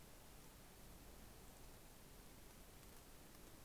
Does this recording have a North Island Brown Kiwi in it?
no